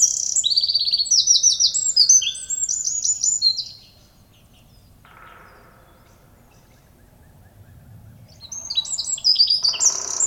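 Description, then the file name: Eurasian wren singing a rapid, high, trilling phrase, falling silent for several seconds, then starting another loud burst of rattling trills. "Troglodytes troglodytes"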